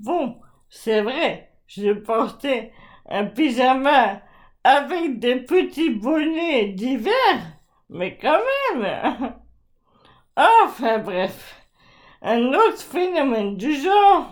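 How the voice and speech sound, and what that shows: A 40-year-old woman with Charcot disease (amyotrophic lateral sclerosis) speaks French in short, slow phrases broken by frequent pauses. Vowels are drawn out and the voice is high and strained, clearly affected. These features fit the dysarthria of ALS, where progressive wasting of the speech muscles slows and blurs articulation, worsening little by little.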